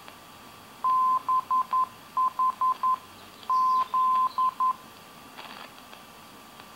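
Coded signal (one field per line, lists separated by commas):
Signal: Morse code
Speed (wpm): 11 wpm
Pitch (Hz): 1030 Hz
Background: none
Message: BHZ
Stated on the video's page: Non-directional beacon at 520 kHz, received with a Tecsun PL310et portable on its internal AM antenna at the transmitter site.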